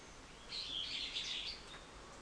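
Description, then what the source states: Bird producing one chattering phrase of high, squeaky chirps about a second long, then quiet. Recorded 24 March 2023.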